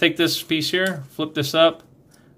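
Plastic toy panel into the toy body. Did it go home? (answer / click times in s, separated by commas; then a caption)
no / none. A plastic panel on a Transformers Power of the Primes Slug (Slag) toy robot is handled during transformation, about to be flipped up and snapped into the toy body while someone talks. Speech fills most of the clip, followed by quiet handling near the end, and nothing has seated or clicked yet.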